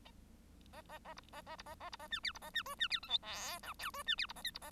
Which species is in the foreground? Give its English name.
Bengalese Finch